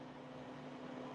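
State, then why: Not seated. A pocket knife's folding blade is handled as it is moved toward its handle, where the blade's kick strikes the backspring. Only a steady low hum with a tone near 250 Hz is heard, with no sharp transient. Nothing has seated or clicked yet.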